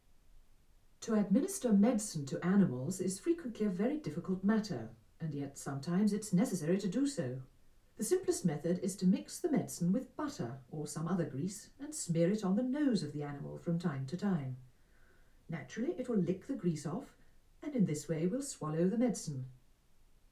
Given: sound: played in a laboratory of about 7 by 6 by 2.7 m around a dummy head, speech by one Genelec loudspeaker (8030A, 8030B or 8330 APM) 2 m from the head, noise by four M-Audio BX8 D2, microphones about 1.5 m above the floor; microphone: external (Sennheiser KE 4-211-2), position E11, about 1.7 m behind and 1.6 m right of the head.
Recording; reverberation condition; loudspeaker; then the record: female speech in English; low; 30 degrees to the left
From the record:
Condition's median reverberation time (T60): about 310 ms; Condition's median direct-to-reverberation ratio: about 3.5 dB